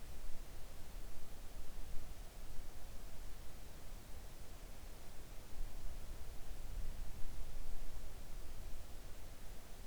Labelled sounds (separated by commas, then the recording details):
near silence
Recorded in the Arctic National Wildlife Refuge, Alaska, on 3 August 2019 at 05:25
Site 41